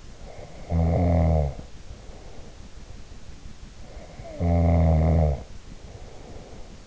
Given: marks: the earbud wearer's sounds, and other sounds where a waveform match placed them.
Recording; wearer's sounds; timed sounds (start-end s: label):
sounds in sleep by an in-ear microphone; snoring breath
0.18-2.64 s: snoring breath
3.76-6.87 s: snoring breath